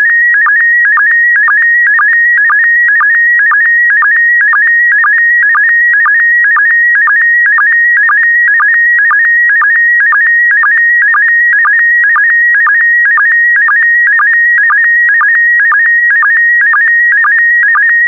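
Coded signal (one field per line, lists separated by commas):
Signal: SSTV (slow-scan television)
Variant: PD120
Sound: steady warbling tone with a regular low blip about twice a second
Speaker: the next image transmission will start in 10 seconds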